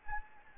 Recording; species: mosquito wingbeat signal from an infrared sensor; Anopheles gambiae